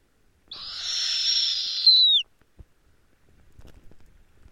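Snowy owl uttering a single long, harsh, breathy screech that gets louder toward its end and drops sharply in pitch, followed by faint rustling.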